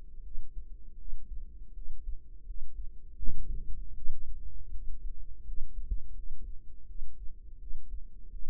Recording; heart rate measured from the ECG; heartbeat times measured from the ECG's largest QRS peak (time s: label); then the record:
heart sounds by microphone in the right ear; 82 bpm
0.21 s: heartbeat
0.96 s: heartbeat
1.72 s: heartbeat
2.44 s: heartbeat
3.17 s: heartbeat
3.92 s: heartbeat
4.69 s: heartbeat
5.43 s: heartbeat
6.13 s: heartbeat
6.85 s: heartbeat
7.57 s: heartbeat
8.28 s: heartbeat
From the record:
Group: healthy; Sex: female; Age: 19 years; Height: 163 cm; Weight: 48.9 kg